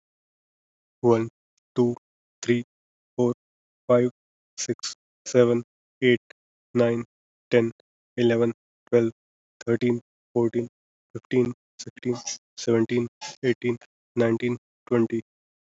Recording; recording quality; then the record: counting at a normal pace; excellent, no background noise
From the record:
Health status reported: respiratory illness, not identified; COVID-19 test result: negative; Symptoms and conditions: cough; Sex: male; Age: 28 years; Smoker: not ticked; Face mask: not worn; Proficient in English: no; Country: India